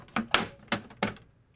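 A removable plastic wash tray for a Narwal Freo 20 robot vacuum dock is slid back into the base and pushed until it snaps into place. A series of sharp plastic knocks and clicks sounds, with the loudest snap at 0.3 s as the tray seats home, followed by further knocks near 0.7 and 1.0 s.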